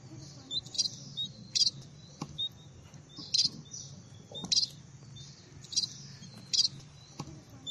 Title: Erythrura Psittacea